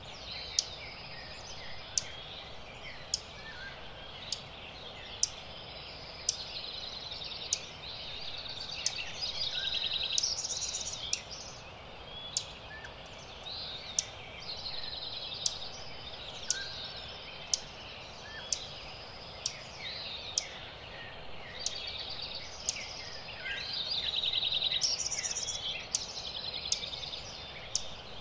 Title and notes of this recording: Lincoln Meadows. California. The morning awakes with the dawn chorus. Dark eyed junco, flycatchers, american robin, mountain quail break the morning air